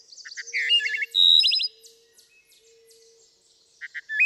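Wood thrush giving a fluted phrase ending in a high shimmering trill, with a faint low hum coming and going behind; another phrase begins at the end.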